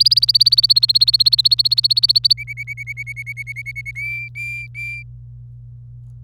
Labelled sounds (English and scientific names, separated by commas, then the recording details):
Domestic Canary (Serinus canaria) song
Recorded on 26 April 2018 at 06:41
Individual llb3